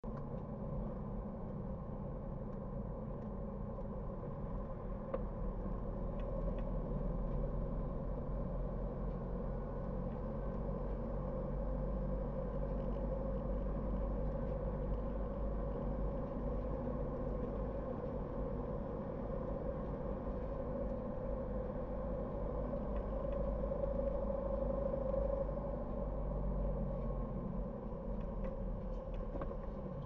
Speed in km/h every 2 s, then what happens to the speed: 44, 43, 44, 44, 46, 49, 50, 52, 53, 54, 57, 54, 53, 52, 42.
0-6 steady at about 44. 6-21 speeds up to 57. 21-30 slows to 42.